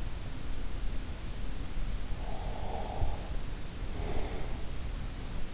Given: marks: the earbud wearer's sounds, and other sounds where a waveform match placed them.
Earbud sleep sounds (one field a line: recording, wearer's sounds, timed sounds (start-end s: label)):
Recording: sounds in sleep by an in-ear microphone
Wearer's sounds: breath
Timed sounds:
2.09-4.48 s: breath